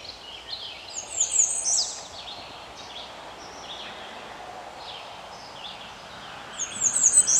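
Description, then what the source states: Willow tit calls: faint, short, high notes scattered throughout over steady background noise. Alpine willow tit, Vulpera, Engadin, Graubünden, Switzerland, 6 March 2022, around midday.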